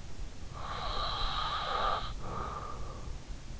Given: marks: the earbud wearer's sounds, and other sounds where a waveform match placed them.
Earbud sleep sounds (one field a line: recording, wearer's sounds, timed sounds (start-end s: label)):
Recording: sounds in sleep by an in-ear microphone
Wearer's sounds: breath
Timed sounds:
0.37-3.35 s: breath